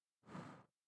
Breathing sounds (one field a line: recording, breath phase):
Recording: one breath near a microphone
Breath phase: exhalation